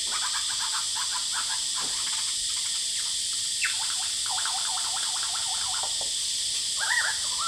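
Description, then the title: Lyrebird pouring out fast chattering notes and sweeping whistles, with a steady high hiss of cicadas. Male, singing vigorously outside a window at Horsfield Bay, New South Wales, Australia, 23 January 2017, with cicadas calling; noise reduction applied. "Lyrebird - Horsfield Bay NSW, Jan 23 2017"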